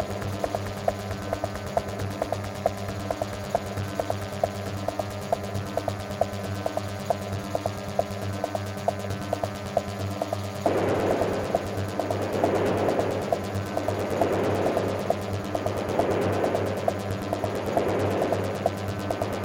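A binaural beat: steady stacked tones, low and mid, hum beneath a fast, even pulsing tick throughout. Just before the halfway point a soft hissing layer enters in the middle range, swelling and fading in slow waves about every two and a half seconds.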